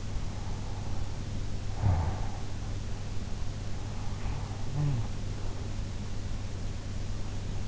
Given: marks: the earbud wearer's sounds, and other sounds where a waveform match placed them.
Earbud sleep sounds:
sounds in sleep by an in-ear microphone; breath, talking in sleep
1.49-2.52 s: breath
4.55-5.38 s: talking in sleep

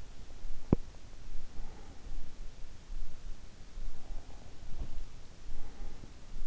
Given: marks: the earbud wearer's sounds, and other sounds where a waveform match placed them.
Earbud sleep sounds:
sounds in sleep by an in-ear microphone; teeth grinding, breath
0.43-1.43 s: teeth grinding
1.43-2.61 s: breath
3.89-6.47 s: breath
4.49-5.33 s: sound from someone else or the room

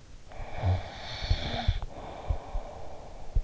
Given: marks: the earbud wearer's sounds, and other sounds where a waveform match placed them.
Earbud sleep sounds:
sounds in sleep by an in-ear microphone; snoring breath
0.27-3.20 s: snoring breath

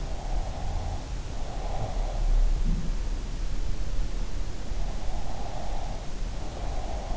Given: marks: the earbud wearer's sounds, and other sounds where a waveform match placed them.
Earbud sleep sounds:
sounds in sleep by an in-ear microphone; breath
0.08-2.33 s: breath
4.98-7.17 s: breath

